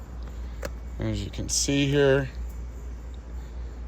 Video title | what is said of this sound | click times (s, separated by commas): Tesla Roadtrip 3 of 4 - Vancouver WA to Pleasanton CA 648 miles | there you go just snaps into place and then we have to kind of unwind this a bit | 0.6 s